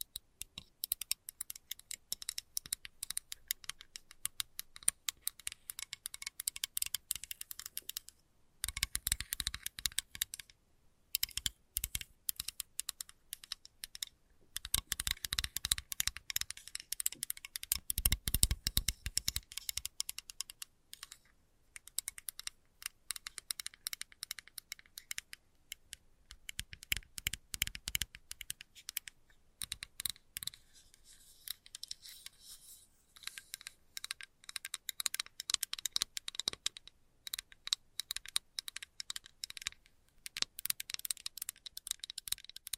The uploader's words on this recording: ASMR Fast But Light Tapping For Sleep And Relaxation（No Talking）.